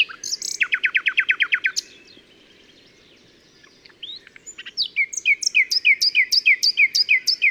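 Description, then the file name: Common nightingale song: a fast series of repeated notes, a brief lull, then a long run of clear, swooping notes repeated in quick succession. "Luscinia megarhynchos"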